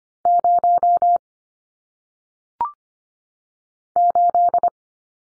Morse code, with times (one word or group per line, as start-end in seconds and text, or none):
0.3-1.2 0
4.0-4.7 8